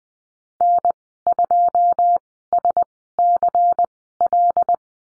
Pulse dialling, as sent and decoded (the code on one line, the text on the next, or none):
none